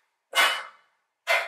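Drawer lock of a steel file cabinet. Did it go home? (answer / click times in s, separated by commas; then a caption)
no / none. Someone handles the key lock on the drawer of a YITAHOME steel mobile file cabinet desk with three drawers. Two short bursts of breathy, hiss-like noise are heard, the first from about 0.3 to 0.8 seconds and the second starting at about 1.3 seconds and running to the end. The lock has not clicked shut yet, and nothing has seated.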